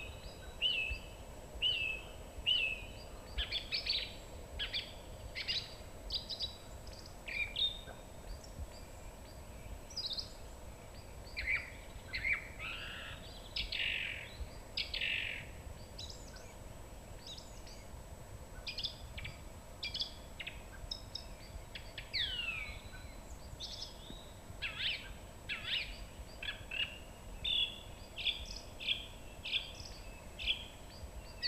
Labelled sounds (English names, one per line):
Song Thrush song